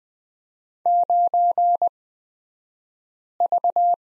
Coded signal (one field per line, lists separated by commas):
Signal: Morse code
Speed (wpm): 20 wpm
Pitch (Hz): 700 Hz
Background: none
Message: 9V